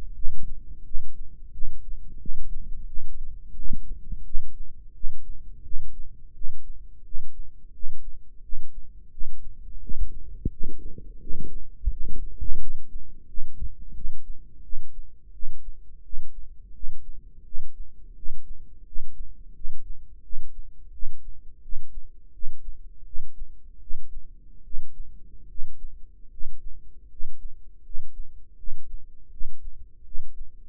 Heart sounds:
heart sounds by microphone in the right ear; 84 bpm
0.14 s: heartbeat
0.84 s: heartbeat
1.51 s: heartbeat
2.18 s: heartbeat
2.86 s: heartbeat
3.54 s: heartbeat
4.24 s: heartbeat
4.93 s: heartbeat
5.63 s: heartbeat
6.33 s: heartbeat
7.03 s: heartbeat
7.72 s: heartbeat
8.41 s: heartbeat
9.10 s: heartbeat
9.80 s: heartbeat
10.49 s: heartbeat
11.19 s: heartbeat
11.89 s: heartbeat
12.59 s: heartbeat
13.26 s: heartbeat
13.93 s: heartbeat
14.62 s: heartbeat
15.32 s: heartbeat
16.02 s: heartbeat
16.72 s: heartbeat
17.43 s: heartbeat
18.15 s: heartbeat
18.84 s: heartbeat
19.53 s: heartbeat
20.22 s: heartbeat
20.91 s: heartbeat
21.61 s: heartbeat
22.32 s: heartbeat
23.04 s: heartbeat
23.79 s: heartbeat
24.63 s: heartbeat
25.47 s: heartbeat
26.29 s: heartbeat
27.08 s: heartbeat
27.82 s: heartbeat
28.56 s: heartbeat
29.30 s: heartbeat
30.03 s: heartbeat
From the record:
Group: healthy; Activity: cold pressor test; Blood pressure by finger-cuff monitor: 123/64 mmHg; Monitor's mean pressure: 80 mmHg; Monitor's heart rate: 86 bpm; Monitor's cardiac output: 8.8 L/min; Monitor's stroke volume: 102 mL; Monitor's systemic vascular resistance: 650 dyn s/cm5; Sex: male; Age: 35 years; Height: 180 cm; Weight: 86.9 kg

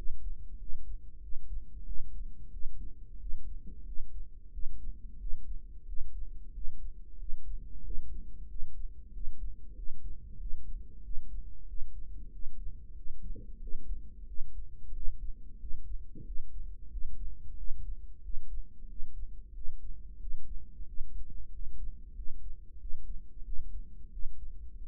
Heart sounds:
heart sounds by microphone in the right ear; 92 bpm
0.60 s: heartbeat
1.22 s: heartbeat
1.86 s: heartbeat
2.52 s: heartbeat
3.21 s: heartbeat
3.86 s: heartbeat
4.53 s: heartbeat
5.20 s: heartbeat
5.88 s: heartbeat
6.55 s: heartbeat
7.20 s: heartbeat
7.85 s: heartbeat
8.50 s: heartbeat
9.14 s: heartbeat
9.77 s: heartbeat
10.40 s: heartbeat
11.04 s: heartbeat
11.68 s: heartbeat
12.33 s: heartbeat
12.97 s: heartbeat
13.62 s: heartbeat
14.28 s: heartbeat
14.95 s: heartbeat
15.61 s: heartbeat
16.26 s: heartbeat
16.92 s: heartbeat
17.58 s: heartbeat
18.24 s: heartbeat
18.89 s: heartbeat
19.55 s: heartbeat
20.21 s: heartbeat
20.87 s: heartbeat
21.53 s: heartbeat
22.16 s: heartbeat
22.80 s: heartbeat
23.45 s: heartbeat
24.12 s: heartbeat
24.79 s: heartbeat
From the record:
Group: healthy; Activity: rest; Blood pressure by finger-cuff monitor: 151/96 mmHg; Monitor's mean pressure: 113 mmHg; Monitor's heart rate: 92 bpm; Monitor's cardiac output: 7.3 L/min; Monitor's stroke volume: 79 mL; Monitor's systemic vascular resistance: 1160 dyn s/cm5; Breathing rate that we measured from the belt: 20 breaths a minute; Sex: male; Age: 21 years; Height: 175 cm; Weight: 72.6 kg

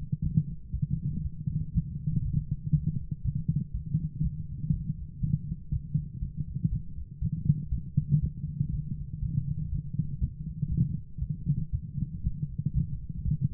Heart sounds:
heart sounds by stethoscope; 120 bpm
0.22 s: heartbeat
0.72 s: heartbeat
1.23 s: heartbeat
1.73 s: heartbeat
2.23 s: heartbeat
2.73 s: heartbeat
3.23 s: heartbeat
3.72 s: heartbeat
4.22 s: heartbeat
4.71 s: heartbeat
5.20 s: heartbeat
5.71 s: heartbeat
6.20 s: heartbeat
6.70 s: heartbeat
7.20 s: heartbeat
7.70 s: heartbeat
8.21 s: heartbeat
8.71 s: heartbeat
9.21 s: heartbeat
9.70 s: heartbeat
10.20 s: heartbeat
10.69 s: heartbeat
11.20 s: heartbeat
11.71 s: heartbeat
12.22 s: heartbeat
12.73 s: heartbeat
13.24 s: heartbeat
From the record:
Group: healthy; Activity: light exercise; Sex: female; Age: 24 years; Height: 163 cm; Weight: 55.7 kg

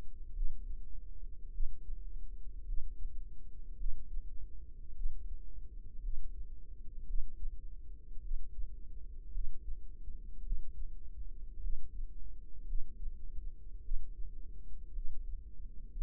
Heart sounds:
heart sounds by microphone in the right ear; 54 bpm
0.33 s: heartbeat
1.51 s: heartbeat
2.65 s: heartbeat
3.77 s: heartbeat
4.94 s: heartbeat
6.01 s: heartbeat
7.06 s: heartbeat
8.22 s: heartbeat
9.32 s: heartbeat
10.43 s: heartbeat
11.61 s: heartbeat
12.66 s: heartbeat
13.82 s: heartbeat
14.93 s: heartbeat
15.93 s: heartbeat
From the record:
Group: healthy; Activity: rest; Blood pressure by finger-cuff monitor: 101/60 mmHg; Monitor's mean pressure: 74 mmHg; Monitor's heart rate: 52 bpm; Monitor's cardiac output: 4.9 L/min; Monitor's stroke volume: 94 mL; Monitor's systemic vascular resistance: 1070 dyn s/cm5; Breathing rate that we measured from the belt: 20 breaths a minute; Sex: female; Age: 28 years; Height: 170 cm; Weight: 77 kg

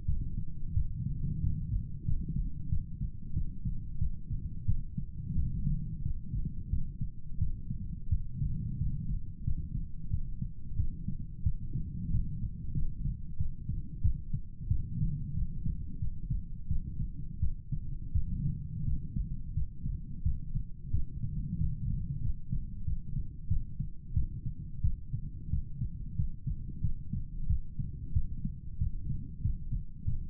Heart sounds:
heart sounds by stethoscope; 90 bpm
0.06 s: heartbeat
0.74 s: heartbeat
1.41 s: heartbeat
2.05 s: heartbeat
2.69 s: heartbeat
3.34 s: heartbeat
3.99 s: heartbeat
4.66 s: heartbeat
5.35 s: heartbeat
6.03 s: heartbeat
6.70 s: heartbeat
7.39 s: heartbeat
8.09 s: heartbeat
8.78 s: heartbeat
9.44 s: heartbeat
10.11 s: heartbeat
10.76 s: heartbeat
11.44 s: heartbeat
12.11 s: heartbeat
12.74 s: heartbeat
13.38 s: heartbeat
14.02 s: heartbeat
14.68 s: heartbeat
15.34 s: heartbeat
16.00 s: heartbeat
16.68 s: heartbeat
17.40 s: heartbeat
18.13 s: heartbeat
18.85 s: heartbeat
19.54 s: heartbeat
20.23 s: heartbeat
20.91 s: heartbeat
21.59 s: heartbeat
22.22 s: heartbeat
22.85 s: heartbeat
23.48 s: heartbeat
24.14 s: heartbeat
24.82 s: heartbeat
25.50 s: heartbeat
26.16 s: heartbeat
26.82 s: heartbeat
27.47 s: heartbeat
28.13 s: heartbeat
28.79 s: heartbeat
29.42 s: heartbeat
30.05 s: heartbeat
From the record:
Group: healthy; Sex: male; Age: 35 years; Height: 178 cm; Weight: 64 kg

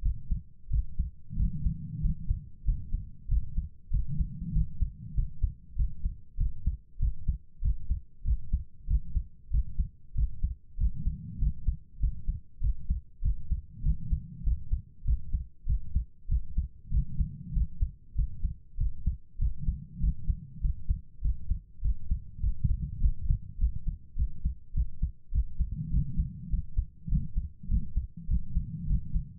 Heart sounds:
heart sounds by stethoscope; 98 bpm
0.01 s: heartbeat
0.69 s: heartbeat
1.35 s: heartbeat
2.00 s: heartbeat
2.64 s: heartbeat
3.27 s: heartbeat
3.89 s: heartbeat
4.51 s: heartbeat
5.13 s: heartbeat
5.75 s: heartbeat
6.36 s: heartbeat
6.98 s: heartbeat
7.60 s: heartbeat
8.23 s: heartbeat
8.86 s: heartbeat
9.49 s: heartbeat
10.13 s: heartbeat
10.76 s: heartbeat
11.37 s: heartbeat
11.99 s: heartbeat
12.60 s: heartbeat
13.21 s: heartbeat
13.81 s: heartbeat
14.42 s: heartbeat
15.03 s: heartbeat
15.65 s: heartbeat
16.27 s: heartbeat
16.89 s: heartbeat
17.52 s: heartbeat
18.14 s: heartbeat
18.76 s: heartbeat
19.37 s: heartbeat
19.99 s: heartbeat
20.60 s: heartbeat
21.20 s: heartbeat
21.80 s: heartbeat
22.39 s: heartbeat
22.99 s: heartbeat
23.57 s: heartbeat
24.15 s: heartbeat
24.73 s: heartbeat
25.31 s: heartbeat
25.89 s: heartbeat
26.48 s: heartbeat
27.07 s: heartbeat
27.67 s: heartbeat
28.26 s: heartbeat
28.85 s: heartbeat
From the record:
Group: healthy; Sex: female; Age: 32 years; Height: 172 cm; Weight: 71.7 kg

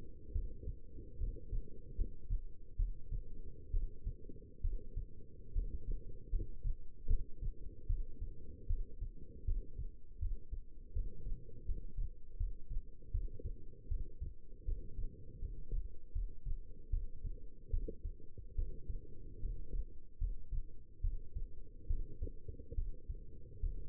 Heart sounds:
heart sounds by stethoscope; 75 bpm
0.32 s: heartbeat
1.17 s: heartbeat
1.95 s: heartbeat
2.76 s: heartbeat
3.71 s: heartbeat
4.61 s: heartbeat
5.52 s: heartbeat
6.29 s: heartbeat
7.07 s: heartbeat
7.86 s: heartbeat
8.67 s: heartbeat
9.44 s: heartbeat
10.19 s: heartbeat
10.92 s: heartbeat
11.65 s: heartbeat
12.37 s: heartbeat
13.11 s: heartbeat
13.88 s: heartbeat
14.65 s: heartbeat
15.39 s: heartbeat
16.12 s: heartbeat
16.90 s: heartbeat
17.70 s: heartbeat
18.55 s: heartbeat
19.40 s: heartbeat
20.18 s: heartbeat
21.01 s: heartbeat
21.87 s: heartbeat
22.75 s: heartbeat
23.60 s: heartbeat
From the record:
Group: healthy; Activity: rest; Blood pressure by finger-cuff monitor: 139/85 mmHg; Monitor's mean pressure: 102 mmHg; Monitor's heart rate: 75 bpm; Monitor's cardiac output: 6.3 L/min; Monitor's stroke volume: 85 mL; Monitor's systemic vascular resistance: 1180 dyn s/cm5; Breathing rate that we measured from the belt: 14 breaths a minute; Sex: female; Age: 22 years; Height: 171 cm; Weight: 65.6 kg

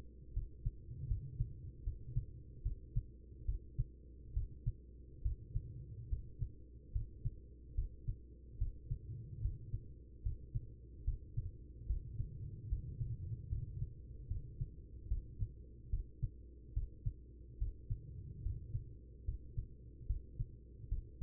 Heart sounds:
heart sounds by stethoscope; 73 bpm
0.33 s: heartbeat
1.07 s: heartbeat
1.83 s: heartbeat
2.62 s: heartbeat
3.45 s: heartbeat
4.33 s: heartbeat
5.22 s: heartbeat
6.09 s: heartbeat
6.92 s: heartbeat
7.74 s: heartbeat
8.58 s: heartbeat
9.41 s: heartbeat
10.22 s: heartbeat
11.04 s: heartbeat
11.86 s: heartbeat
12.68 s: heartbeat
13.48 s: heartbeat
14.27 s: heartbeat
15.08 s: heartbeat
15.89 s: heartbeat
16.73 s: heartbeat
17.58 s: heartbeat
18.42 s: heartbeat
19.24 s: heartbeat
20.06 s: heartbeat
20.88 s: heartbeat
From the record:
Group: healthy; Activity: rest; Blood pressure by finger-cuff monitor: 113/70 mmHg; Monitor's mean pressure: 84 mmHg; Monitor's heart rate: 73 bpm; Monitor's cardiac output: 5.4 L/min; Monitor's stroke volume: 74 mL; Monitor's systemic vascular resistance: 1160 dyn s/cm5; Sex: female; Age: 43 years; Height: 160 cm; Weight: 90 kg

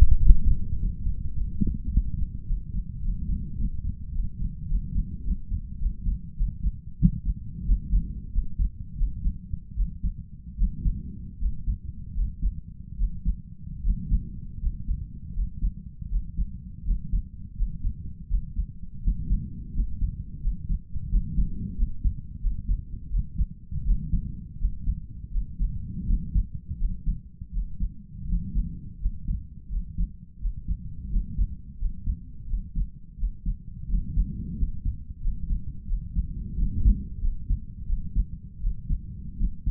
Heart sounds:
heart sounds by stethoscope; 87 bpm
0.18 s: heartbeat
0.77 s: heartbeat
1.33 s: heartbeat
1.89 s: heartbeat
2.45 s: heartbeat
3.00 s: heartbeat
3.56 s: heartbeat
4.11 s: heartbeat
4.67 s: heartbeat
5.23 s: heartbeat
5.78 s: heartbeat
6.35 s: heartbeat
6.98 s: heartbeat
7.64 s: heartbeat
8.31 s: heartbeat
8.96 s: heartbeat
9.74 s: heartbeat
10.56 s: heartbeat
11.38 s: heartbeat
12.13 s: heartbeat
12.96 s: heartbeat
13.81 s: heartbeat
14.59 s: heartbeat
15.32 s: heartbeat
16.08 s: heartbeat
16.83 s: heartbeat
17.55 s: heartbeat
18.27 s: heartbeat
19.00 s: heartbeat
19.72 s: heartbeat
20.40 s: heartbeat
21.08 s: heartbeat
21.75 s: heartbeat
22.39 s: heartbeat
23.09 s: heartbeat
23.83 s: heartbeat
24.57 s: heartbeat
25.30 s: heartbeat
26.05 s: heartbeat
26.77 s: heartbeat
27.50 s: heartbeat
28.25 s: heartbeat
28.98 s: heartbeat
29.68 s: heartbeat
30.38 s: heartbeat
31.08 s: heartbeat
31.77 s: heartbeat
32.46 s: heartbeat
33.16 s: heartbeat
33.87 s: heartbeat
34.55 s: heartbeat
35.19 s: heartbeat
35.85 s: heartbeat
36.55 s: heartbeat
37.19 s: heartbeat
37.85 s: heartbeat
38.59 s: heartbeat
39.36 s: heartbeat
From the record:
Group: healthy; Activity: cold pressor test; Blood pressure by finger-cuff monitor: 97/62 mmHg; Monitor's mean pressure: 70 mmHg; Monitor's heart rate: 87 bpm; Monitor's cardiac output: 5.6 L/min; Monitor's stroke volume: 65 mL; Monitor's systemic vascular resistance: 870 dyn s/cm5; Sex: male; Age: 22 years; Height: 181 cm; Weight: 60 kg

